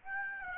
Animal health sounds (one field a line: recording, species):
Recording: mosquito wingbeat signal from an infrared sensor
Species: Aedes aegypti